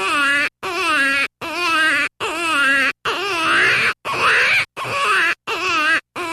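Jackrabbit distress call: loud, wavering, harsh screams, each lasting under a second, repeated with short silent gaps.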